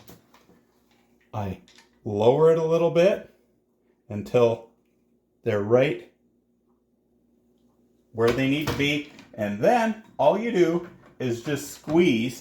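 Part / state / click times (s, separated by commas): plastic wheel onto dishwasher rack wire / not seated / none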